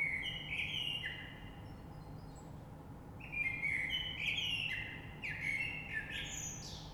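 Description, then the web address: Common blackbird singing two rich fluting phrases, each finishing with thin high chirps and twitters, against a faint background hum. Recorded 3 March 2020. "oiseaux Rush Merle 3-3-2020"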